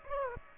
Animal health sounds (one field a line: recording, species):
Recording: mosquito wingbeat signal from an infrared sensor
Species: Aedes aegypti